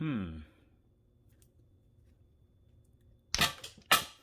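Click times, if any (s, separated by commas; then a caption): 3.3 s. A plastic head is forced off the ball-joint neck of a 6-inch Hasbro Marvel Legends Hellfire Club exclusive action figure, and it releases with a sharp pop at 3.3 s after a short hum and a quiet stretch. Another loud burst follows at about 3.9 s. The head comes off, though removing it was extremely difficult, and someone talks.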